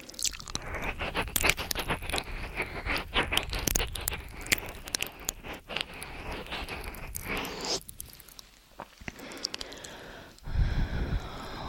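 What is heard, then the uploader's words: Mouth sounds and ear eating: dense wet crackles, clicks and crunchy scrapes for eight seconds, then a quieter gap and a low rumbling burst. MOUTH SOUNDS & EAR EATING Tascam & Dummyhead.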